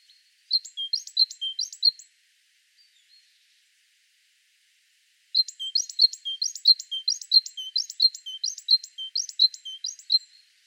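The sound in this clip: Great tit repeating bright two-part phrases of high chips and lower whistles: a short burst, a pause of several seconds, then a longer steady series.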